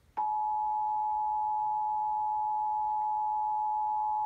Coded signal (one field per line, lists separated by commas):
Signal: Emergency Alert System (SAME) tones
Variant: 853 and 960 Hz attention tone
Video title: Washington/Oregon Great Shakeout Required Monthly Test on KING-TV | EAS #477